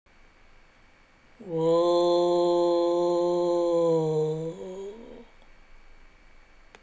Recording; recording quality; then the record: sustained vowel as in boot; excellent, no background noise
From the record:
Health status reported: healthy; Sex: male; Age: 42 years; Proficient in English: no